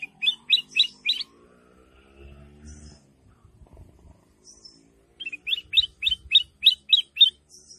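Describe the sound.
Sooty-headed bulbul song: a quick run of four bright chirpy notes, a pause with low rumble, then a longer burst of several rapid bubbly chirps.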